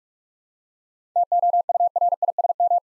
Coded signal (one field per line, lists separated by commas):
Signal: Morse code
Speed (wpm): 44 wpm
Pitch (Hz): 700 Hz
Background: none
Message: TOURISM